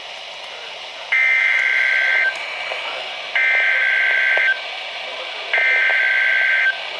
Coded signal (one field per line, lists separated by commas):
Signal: Emergency Alert System (SAME) tones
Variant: header bursts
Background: speech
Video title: Double Header Flood Warnings (EAS #1,145-1,146)